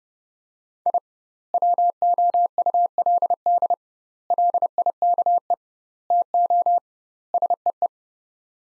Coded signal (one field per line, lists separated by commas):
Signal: Morse code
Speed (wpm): 32 wpm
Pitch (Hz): 700 Hz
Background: none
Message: I WOULD LIKE TO SEE